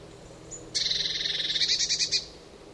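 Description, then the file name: Eurasian blue tit churring call: a high thin note, then a rapid buzzy scolding rattle of many pulses lasting about a second and a half. "Cyanistes caeruleus"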